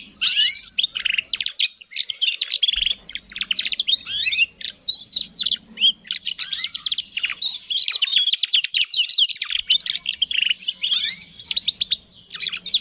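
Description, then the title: Canary song: a continuous, energetic run of rapid rattling trills, buzzy rolls and quick rising and falling twitters with hardly a break. Canary singing actively ('gacor') with its best song variations ('cengkok', 'isian'). "Kenari Gacor Cengkok Terbaik Isian Paling Mewah"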